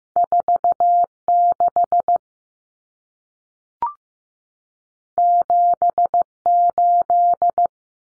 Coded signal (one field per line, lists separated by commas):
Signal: Morse code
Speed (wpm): 15 wpm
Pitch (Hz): 700 Hz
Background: none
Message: 46 78